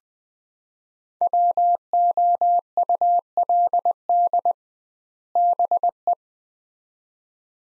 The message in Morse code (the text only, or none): WOULD BE